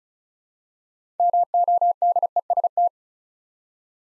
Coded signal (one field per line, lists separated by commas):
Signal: Morse code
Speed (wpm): 36 wpm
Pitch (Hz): 700 Hz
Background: none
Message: MODEST